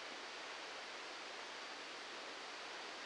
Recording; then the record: brain microelectrode recording played as sound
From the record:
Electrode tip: outside the subthalamic nucleus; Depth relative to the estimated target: 0 mm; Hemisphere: left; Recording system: NeuroSet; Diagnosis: Parkinson's disease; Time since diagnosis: 7 years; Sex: male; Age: 44 years